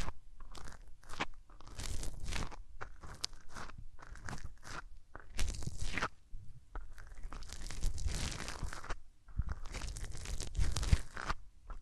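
Hands rub over the ears in quick, uneven bursts of crunchy, crinkly friction, with brief pauses between strokes and longer swells around six and eight seconds.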